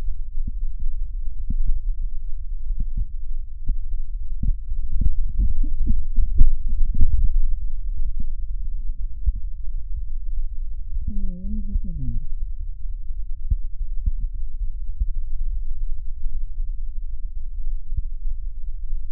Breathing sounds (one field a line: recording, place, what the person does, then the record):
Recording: lung sounds by stethoscope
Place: left posterior basal chest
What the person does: quiet breathing, then cough and speech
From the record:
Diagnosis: asthma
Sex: female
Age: 66 years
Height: 172 cm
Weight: 76 kg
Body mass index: 25.7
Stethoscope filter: bell mode